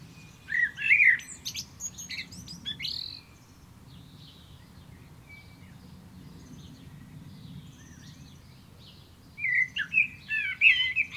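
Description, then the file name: Common blackbird song: a low fluted warble followed by a squeaky high twitter, a pause of several seconds, then another mellow phrase near the end. "Turdus merula"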